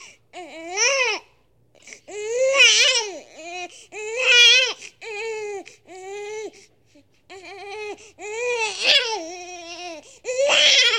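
A newborn baby cries in repeated loud, strong wails, roughly one every two seconds, each with a high pitch near 400–500 Hz that rises and falls, separated by brief gasping pauses, in a small room. An ordinary everyday newborn cry.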